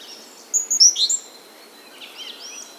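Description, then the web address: Bird giving a few bright, high whistled notes in quick succession, then softer sliding chirps, over a light background hiss. Spring birds, nature ambience. "VT Homezon Musica da luma Spring Birds Nature Ambiance"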